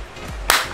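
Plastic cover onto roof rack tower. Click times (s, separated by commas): 0.5 s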